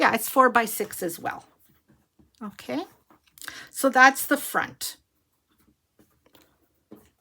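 Someone talks while handling a paper photo folio with a magnetic clasp on its flap, and a couple of faint soft handling sounds follow in the quiet near the end. The clip ends before the magnetic closure snaps shut; nothing has clicked or seated yet.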